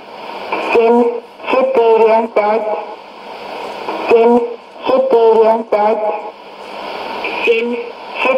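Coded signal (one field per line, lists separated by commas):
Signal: numbers station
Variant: S06s Russian Lady, Russian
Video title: 31 05 2017 Numbers station S06s Russian Lady in Russian to Eu 0732 on 12110 unknown tx site in CUSB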